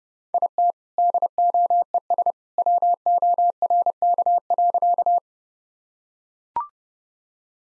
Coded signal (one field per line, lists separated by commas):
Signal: Morse code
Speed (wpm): 30 wpm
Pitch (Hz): 700 Hz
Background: none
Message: IT DOES WORK.